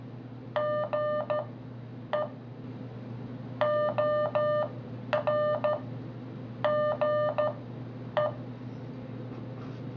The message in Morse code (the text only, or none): GE OR GE